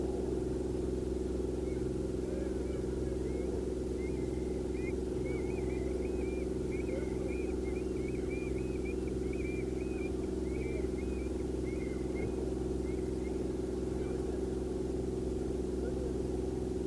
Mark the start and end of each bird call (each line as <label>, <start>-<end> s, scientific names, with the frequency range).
Burhinus oedicnemus (2.1-2.3 kHz), 1.64-1.78 s
Burhinus oedicnemus (2.2-2.4 kHz), 2.63-2.80 s
Burhinus oedicnemus (2.0-2.5 kHz), 3.26-3.49 s
Burhinus oedicnemus (2.0-2.5 kHz), 3.98-4.92 s
Burhinus oedicnemus (1.9-2.6 kHz), 5.23-6.43 s
Burhinus oedicnemus (2.0-2.8 kHz), 6.70-10.09 s
Burhinus oedicnemus (1.9-2.6 kHz), 10.43-11.30 s
Burhinus oedicnemus (2.0-2.6 kHz), 11.64-12.37 s
Burhinus oedicnemus (2.0-2.3 kHz), 12.84-13.31 s
Burhinus oedicnemus (2.3-2.5 kHz), 14.02-14.17 s